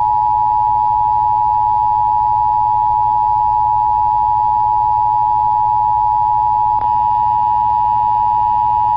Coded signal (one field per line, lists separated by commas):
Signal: Emergency Alert System (SAME) tones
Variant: 853 and 960 Hz attention tone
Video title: EAS Special Marine Warning on Lake Huron (9/3/22)